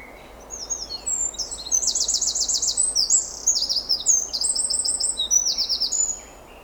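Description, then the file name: Eurasian wren singing a loud, very high, rapid outpouring of sharp trills and buzzy rattles, tumbling on for several seconds before stopping. "Troglodytes troglodytes"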